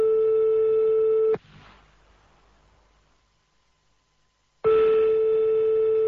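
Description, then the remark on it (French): A loud, steady electronic telephone line tone hums at a fixed mid pitch as a phone number is dialled, cuts out abruptly into about three seconds of near silence, then starts again just as loud. “T'as fait le numéro, là? C'est bon, raccroche.”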